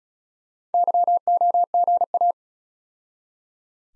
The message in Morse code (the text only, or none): YOGA